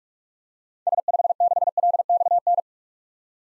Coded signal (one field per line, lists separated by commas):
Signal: Morse code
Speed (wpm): 46 wpm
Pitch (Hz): 700 Hz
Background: none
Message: S56LXN